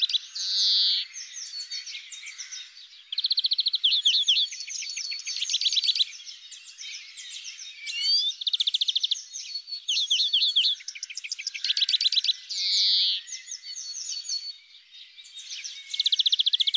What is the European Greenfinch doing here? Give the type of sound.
song